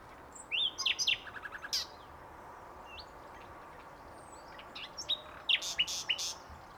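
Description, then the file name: Common nightingale song: a quick burst of whistles and a short rattle, a pause, then another phrase of sharp slurred notes and high strokes. "Luscinia megarhynchos"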